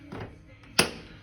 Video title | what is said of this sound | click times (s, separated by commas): February 4, 2021 | hear that click that locks it a lot of people will just push it down think it's locked | 0.8 s